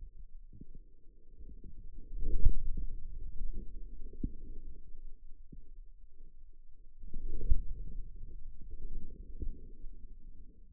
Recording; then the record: forearm muscle sounds (acoustic myography)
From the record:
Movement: inward rotation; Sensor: system 2, bracelet of six BSWA MPA416 microphones around the upper forearm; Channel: 5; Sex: male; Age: 22 years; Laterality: right